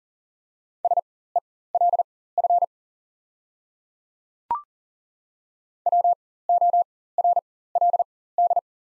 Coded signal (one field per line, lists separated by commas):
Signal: Morse code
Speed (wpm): 40 wpm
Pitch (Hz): 700 Hz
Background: none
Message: SELF WORLD